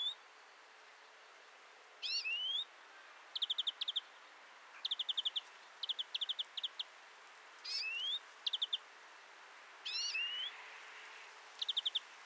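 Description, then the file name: European greenfinch calls: short rapid trills of dry ticking notes mixed with rising, nasal swept notes, repeated every second or two. "Chloris chloris"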